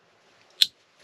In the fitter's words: snaps right in and then you've still got this connector part now this uh it's not tricky but